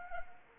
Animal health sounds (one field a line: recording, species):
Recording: mosquito wingbeat signal from an infrared sensor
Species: Anopheles arabiensis